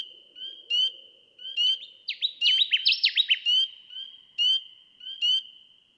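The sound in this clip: Connecticut warbler song: a loud, rapid burst of several ringing, downslurred notes, over a steady high tone broken by regular ticking notes.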